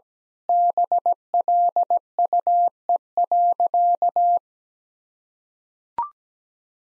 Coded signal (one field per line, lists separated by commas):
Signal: Morse code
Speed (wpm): 17 wpm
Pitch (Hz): 700 Hz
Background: none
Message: BLUE.